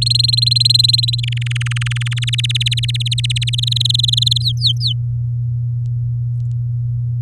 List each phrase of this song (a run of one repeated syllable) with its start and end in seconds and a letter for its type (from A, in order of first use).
0.01-1.20 A, 1.23-2.30 B, 2.33-3.50 C, 3.53-4.42 D, 4.42-4.93 E